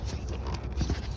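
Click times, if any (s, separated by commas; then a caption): none. On a 2007 Ford Mustang being repaired for a P0446 check engine code, someone braces the second plastic vapor hose quick-connect and pushes it hard onto the canister purge valve. Low handling rumble with faint short ticks near 0.3 and 0.5 seconds swells slightly around 0.8 to 0.9 seconds. The connector has not clicked or seated yet.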